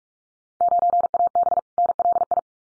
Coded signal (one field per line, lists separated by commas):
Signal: Morse code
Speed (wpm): 44 wpm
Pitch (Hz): 700 Hz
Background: none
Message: 9AB NLI